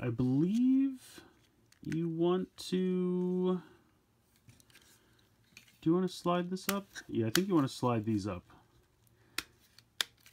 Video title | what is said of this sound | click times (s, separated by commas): Transformers Power of the Primes SDCC Exclusive Throne of the Primes Review | they click into place | 9.4 s, 10.0 s